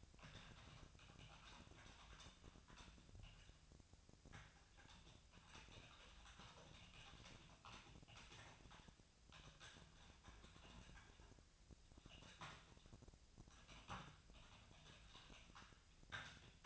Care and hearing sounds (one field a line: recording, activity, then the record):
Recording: daily activity, microphone in the room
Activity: typing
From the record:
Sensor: 2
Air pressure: 999.1 hPa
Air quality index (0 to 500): 207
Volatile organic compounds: 35 ppm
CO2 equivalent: 3066 ppm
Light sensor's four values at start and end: 7/17/6/7 and 7/17/6/7